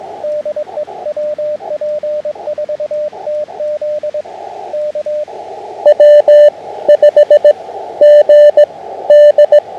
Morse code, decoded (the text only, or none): DE WP4TZ K W5GD